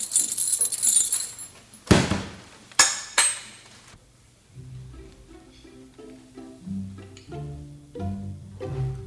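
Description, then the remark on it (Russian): A bunch of library keys jangles brightly for a couple of seconds as they are handed over, followed by a few sharp metallic clinks as they are handled, then soft tuneful music begins. “Вот ключи.”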